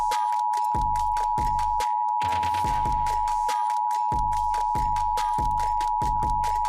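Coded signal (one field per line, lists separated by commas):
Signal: Emergency Alert System (SAME) tones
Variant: 853 and 960 Hz attention tone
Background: music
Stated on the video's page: Severe thunderstorm warning aired on a broadcast station without muting the station's own audio underneath.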